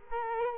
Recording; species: mosquito wingbeat signal from an infrared sensor; Culex quinquefasciatus